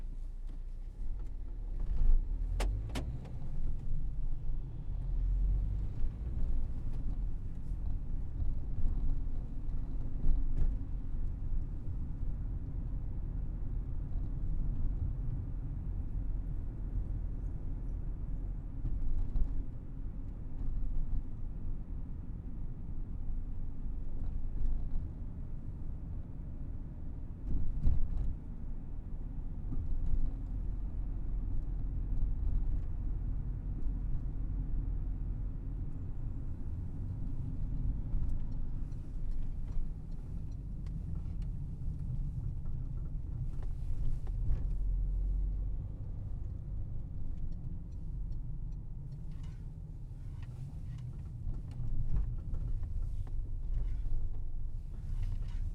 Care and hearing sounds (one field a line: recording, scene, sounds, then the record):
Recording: everyday scene through a hearing-aid microphone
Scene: in a vehicle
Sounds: engine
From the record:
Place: Berlingo II, diesel engine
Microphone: behind the ear, left, rear